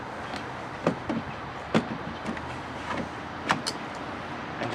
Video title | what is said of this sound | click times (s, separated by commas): PowerSmart DB2401 40 Volt Cordless Electric Snowblower Review | snap it in place until it clicks like that | 3.5 s